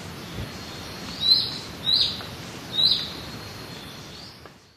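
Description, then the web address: Slaty antwren calling: three short, high, clipped notes spaced roughly half a second to a second apart, over a faint steady hiss. Recorded in Ecuador. "Birds of Ecuador Slaty Antwren"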